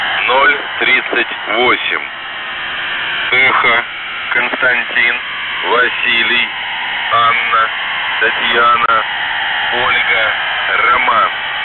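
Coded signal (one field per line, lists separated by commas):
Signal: coded military voice message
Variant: The Goose, Russian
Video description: "The Goose" is a Russian military radiostation that broadcasts on 4310 kHz at daytime and on 3243 kHz at nighttime.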